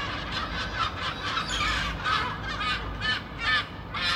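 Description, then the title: Gulls giving rapid, harsh yelping calls, many overlapping notes rising and falling in loudness, over a continuous low background rumble. "Γλάροι"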